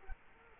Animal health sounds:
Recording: mosquito wingbeat signal from an infrared sensor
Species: Culex quinquefasciatus

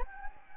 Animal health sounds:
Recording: mosquito wingbeat signal from an infrared sensor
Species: Anopheles gambiae

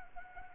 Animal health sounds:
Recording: mosquito wingbeat signal from an infrared sensor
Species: Anopheles arabiensis

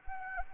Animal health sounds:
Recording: mosquito wingbeat signal from an infrared sensor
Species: Anopheles arabiensis

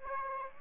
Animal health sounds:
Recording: mosquito wingbeat signal from an infrared sensor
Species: Aedes aegypti

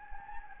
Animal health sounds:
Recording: mosquito wingbeat signal from an infrared sensor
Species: Anopheles gambiae

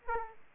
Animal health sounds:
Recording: mosquito wingbeat signal from an infrared sensor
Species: Aedes aegypti

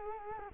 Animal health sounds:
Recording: mosquito wingbeat signal from an infrared sensor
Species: Culex quinquefasciatus

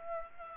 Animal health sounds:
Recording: mosquito wingbeat signal from an infrared sensor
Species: Aedes aegypti

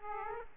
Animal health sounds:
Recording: mosquito wingbeat signal from an infrared sensor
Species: Aedes aegypti

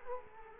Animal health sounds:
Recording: mosquito wingbeat signal from an infrared sensor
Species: Culex quinquefasciatus

